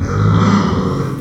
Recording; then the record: squeal of a Yucatan mini pig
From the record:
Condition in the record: after surgery on the right vocal fold (resection and tissue-engineered implant); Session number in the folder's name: 15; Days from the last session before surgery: 175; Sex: female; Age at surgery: 19 weeks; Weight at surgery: 25 kg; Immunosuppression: prednisolone